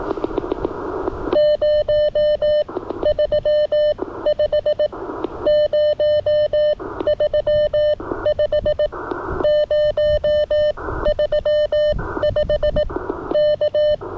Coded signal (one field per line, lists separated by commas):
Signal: Morse code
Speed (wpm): 18 wpm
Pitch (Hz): 590 Hz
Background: none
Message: 035 035 035 K